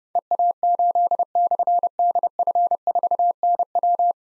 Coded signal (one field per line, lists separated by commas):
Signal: Morse code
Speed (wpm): 30 wpm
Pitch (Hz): 700 Hz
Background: none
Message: EA8/DF4NW